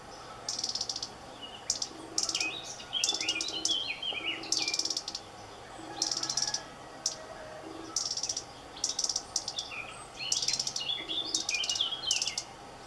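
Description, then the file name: European robin short warbled phrases of descending fluty notes, mixed with frequent high dry clicking bursts. "Erithacus rubecula"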